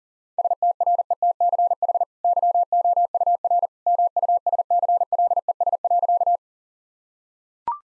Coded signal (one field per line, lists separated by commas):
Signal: Morse code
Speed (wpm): 40 wpm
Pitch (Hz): 700 Hz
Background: none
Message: STRETCH YOUR MUSCLES.